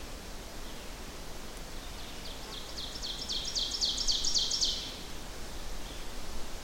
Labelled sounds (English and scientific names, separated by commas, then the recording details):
Ovenbird (Seiurus aurocapilla) song
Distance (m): 40 m
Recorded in boreal forest in Alberta, Canada, on 14 June 2016 at 08:25
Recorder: SongMeter 3, array SBT-3-33
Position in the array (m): 108 m, 136 m
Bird 21